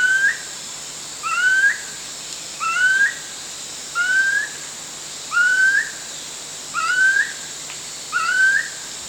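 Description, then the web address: Chestnut-collared kingfisher giving seven upslurred whistles at an even pace, roughly one per second and a half, with a constant high-pitched insect hum behind. Recorded at Danum on 1 January 2008. "DANUM 20080101. chestnut-collared kingfisher"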